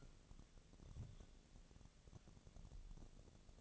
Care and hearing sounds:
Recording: daily activity, microphone in the room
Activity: take from stove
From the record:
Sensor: 4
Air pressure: 1000.8 hPa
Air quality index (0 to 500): 124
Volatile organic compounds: 1 ppm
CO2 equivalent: 934 ppm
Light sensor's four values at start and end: 43/104/44/49 and 43/104/44/49

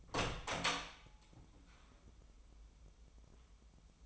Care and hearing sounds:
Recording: daily activity, microphone in the room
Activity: open door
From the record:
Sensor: 1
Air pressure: 996.1 hPa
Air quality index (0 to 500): 31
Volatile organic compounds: 1 ppm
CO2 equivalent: 588 ppm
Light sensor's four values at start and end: 14/33/14/15 and 14/33/14/16

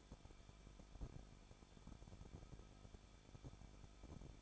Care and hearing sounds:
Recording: daily activity, microphone in the room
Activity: no activity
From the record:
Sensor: 5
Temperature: 20.9 degrees Celsius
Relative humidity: 38.2%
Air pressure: 1006.4 hPa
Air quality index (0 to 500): 189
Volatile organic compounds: 19 ppm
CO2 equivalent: 2662 ppm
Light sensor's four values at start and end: 2/3/1/1 and 2/3/1/1

